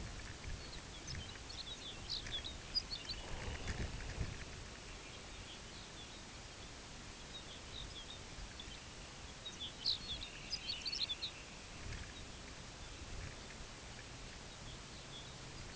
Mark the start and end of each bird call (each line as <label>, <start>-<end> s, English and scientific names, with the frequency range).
Lapland Longspur (Calcarius lapponicus) (2.3-5.9 kHz), 0.46-3.79 s
Dunlin (Calidris alpina) (1.4-3.7 kHz), 2.76-4.62 s
Lapland Longspur (Calcarius lapponicus) (2.4-4.9 kHz), 4.82-6.76 s
Lapland Longspur (Calcarius lapponicus) (2.2-5.5 kHz), 7.03-8.83 s
Dunlin (Calidris alpina) (2.0-3.7 kHz), 8.59-9.31 s
Lapland Longspur (Calcarius lapponicus) (2.2-5.9 kHz), 9.29-11.40 s
Dunlin (Calidris alpina) (1.5-3.6 kHz), 9.90-12.03 s
Lapland Longspur (Calcarius lapponicus) (3.4-4.5 kHz), 12.00-12.27 s
Lapland Longspur (Calcarius lapponicus) (3.1-4.4 kHz), 12.63-12.96 s
Dunlin (Calidris alpina) (2.0-3.4 kHz), 12.74-13.44 s
Lapland Longspur (Calcarius lapponicus) (2.2-5.6 kHz), 14.33-15.76 s